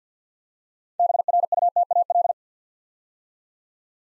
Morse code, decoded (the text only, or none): BRUTAL